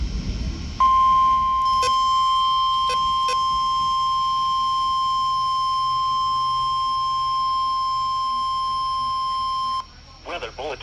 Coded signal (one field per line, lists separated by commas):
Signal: Emergency Alert System (SAME) tones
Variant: 1050 Hz attention tone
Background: speech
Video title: ALERTS IN PROSPECT PA (EAS ALERTS 2220-2251 FROM 8/13/21)